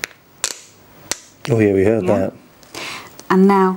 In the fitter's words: they just pop it on and you will hopefully hear it click as you push it on you hear that